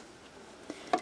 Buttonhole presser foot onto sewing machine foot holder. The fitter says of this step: Listen for it to snap. There we go.